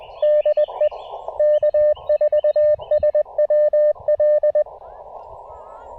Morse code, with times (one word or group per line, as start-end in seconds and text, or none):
0.2-0.9 DE
1.4-4.6 K4SWL